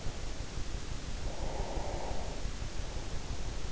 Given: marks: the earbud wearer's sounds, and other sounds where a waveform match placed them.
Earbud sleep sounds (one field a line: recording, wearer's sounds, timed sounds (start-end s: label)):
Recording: sounds in sleep by an in-ear microphone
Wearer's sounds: breath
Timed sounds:
1.09-3.50 s: breath